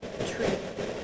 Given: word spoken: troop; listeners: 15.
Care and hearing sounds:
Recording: one English word in noise, from a listening test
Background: noise modulated by three-talker babble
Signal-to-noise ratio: -5.3 dB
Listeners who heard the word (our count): 1 of 15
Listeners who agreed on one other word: 8 of 15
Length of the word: 0.64 s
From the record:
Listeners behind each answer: 8, 4, 1, 1, 1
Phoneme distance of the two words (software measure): 17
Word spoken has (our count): 1 syllable, 4 phonemes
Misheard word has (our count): 1 syllable, 3 phonemes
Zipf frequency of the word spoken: 3.50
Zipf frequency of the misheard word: 4.95

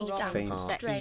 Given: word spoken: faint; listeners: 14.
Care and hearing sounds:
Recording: one English word in noise, from a listening test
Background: four-talker babble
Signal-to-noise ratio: -2.3 dB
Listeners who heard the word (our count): 1 of 14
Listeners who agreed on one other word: 9 of 14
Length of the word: 0.61 s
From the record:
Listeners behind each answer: 9, 1, 1, 1, 1, 1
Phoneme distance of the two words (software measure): 17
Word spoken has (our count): 1 syllable, 4 phonemes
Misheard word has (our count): 1 syllable, 3 phonemes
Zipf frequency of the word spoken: 3.75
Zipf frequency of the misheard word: 5.44

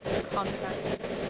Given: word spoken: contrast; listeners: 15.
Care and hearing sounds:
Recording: one English word in noise, from a listening test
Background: noise modulated by three-talker babble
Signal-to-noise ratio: -4.2 dB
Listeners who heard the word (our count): 3 of 15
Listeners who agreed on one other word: 10 of 15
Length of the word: 0.90 s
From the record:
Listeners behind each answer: 10, 3, 1, 1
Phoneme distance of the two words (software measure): 10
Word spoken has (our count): 2 syllables, 8 phonemes, stress on syllable 1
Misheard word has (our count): 2 syllables, 8 phonemes, stress on syllable 2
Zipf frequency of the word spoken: 4.13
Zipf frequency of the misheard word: 4.50

